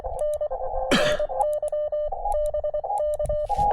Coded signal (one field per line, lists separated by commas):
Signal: Morse code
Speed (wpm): 24 wpm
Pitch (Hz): 600 Hz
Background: none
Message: N NY BK